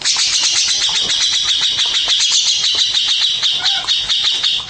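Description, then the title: Birds calling: a steady, dense chorus of rapid shrill chirps and trills, high-pitched and continuous. Mixed birds. "Burung Campur2"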